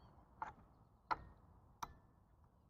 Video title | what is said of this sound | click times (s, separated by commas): Ravin R15 Crossbow 100 YARD SHOT! | did you hear that click click | 0.4 s, 1.8 s